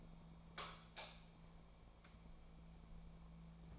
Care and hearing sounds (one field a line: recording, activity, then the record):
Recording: daily activity, microphone in the room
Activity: light on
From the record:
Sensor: 1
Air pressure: 1000.1 hPa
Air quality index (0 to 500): 130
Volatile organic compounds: 2 ppm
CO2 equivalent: 1229 ppm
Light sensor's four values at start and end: 24/60/25/30 and 27/75/30/35